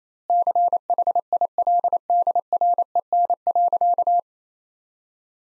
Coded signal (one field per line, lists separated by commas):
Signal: Morse code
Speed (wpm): 28 wpm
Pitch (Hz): 700 Hz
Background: none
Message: CHILDREN.